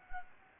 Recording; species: mosquito wingbeat signal from an infrared sensor; Anopheles arabiensis